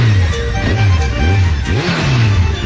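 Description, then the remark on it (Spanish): Toto's motorcycle engine revs loudly several times in a row, its low growl sweeping up and dropping back in pitch with each throttle burst, with no talking. “La moto del Toto.”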